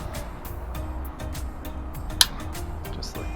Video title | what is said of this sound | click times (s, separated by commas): PNW Range Bar On The Co-op DRT 1.1 | is in the pattern go through start torquing them down until your torque wrench clicks | 2.2 s